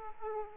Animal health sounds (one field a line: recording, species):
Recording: mosquito wingbeat signal from an infrared sensor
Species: Aedes aegypti